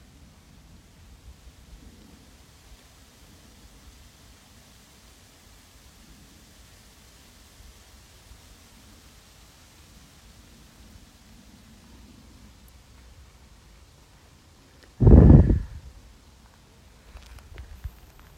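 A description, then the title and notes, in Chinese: A quiet nature reserve with low, soft rumbling ambience, broken around fifteen seconds by a sudden loud thump, then a faint click near the end. Neigembos自然保护区，尼诺维，比利时。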